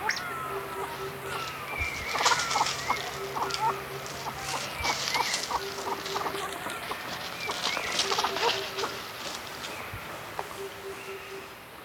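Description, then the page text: Kalij pheasant calls: many sharp clucking and chattering notes. "Kalij Pheasant Calls. Quick Sounds"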